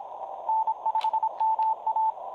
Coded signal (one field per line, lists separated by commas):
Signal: Morse code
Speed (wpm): 26 wpm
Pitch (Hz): 880 Hz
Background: radio noise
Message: N5MA